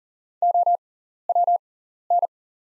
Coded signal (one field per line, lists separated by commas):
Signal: Morse code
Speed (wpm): 40 wpm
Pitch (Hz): 700 Hz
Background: none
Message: OWN